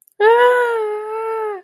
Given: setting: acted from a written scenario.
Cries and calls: vocal sound without words; pain

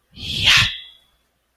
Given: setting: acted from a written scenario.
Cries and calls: vocal sound without words; triumph

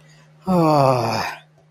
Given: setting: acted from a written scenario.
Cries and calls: vocal sound without words; guilt

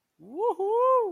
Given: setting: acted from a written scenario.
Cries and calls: vocal sound without words; triumph

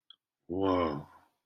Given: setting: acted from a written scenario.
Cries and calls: vocal sound without words; awe

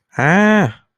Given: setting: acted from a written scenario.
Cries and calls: vocal sound without words; fear

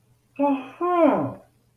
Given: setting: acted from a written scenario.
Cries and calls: vocal sound without words; realization

